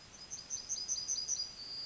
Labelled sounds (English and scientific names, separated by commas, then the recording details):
Yellowhammer (Emberiza citrinella) song
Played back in forest
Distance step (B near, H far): E
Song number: 106